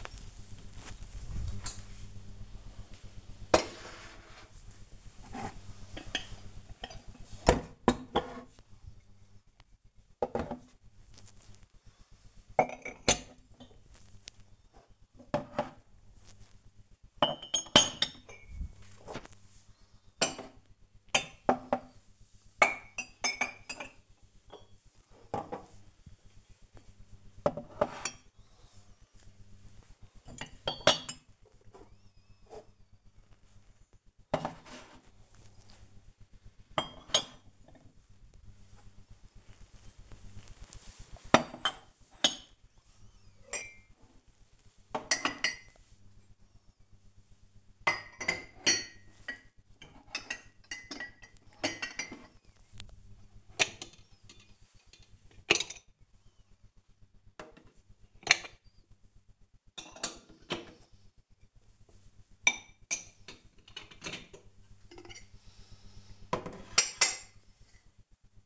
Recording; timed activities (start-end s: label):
household activities, microphone on the right wrist
0.00-68.46 s: putting away the dishes